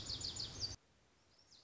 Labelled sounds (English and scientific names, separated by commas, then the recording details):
Lazuli Bunting (Passerina amoena)
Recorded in Sonoma County, California